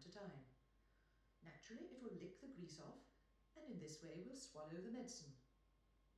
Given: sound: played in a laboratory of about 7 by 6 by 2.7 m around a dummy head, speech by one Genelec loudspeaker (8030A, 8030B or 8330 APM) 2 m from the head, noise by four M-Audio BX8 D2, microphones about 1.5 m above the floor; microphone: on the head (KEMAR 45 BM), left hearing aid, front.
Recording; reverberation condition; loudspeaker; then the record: female speech in English; medium; behind (180 degrees)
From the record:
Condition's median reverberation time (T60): about 510 ms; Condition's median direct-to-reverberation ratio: about -0.5 dB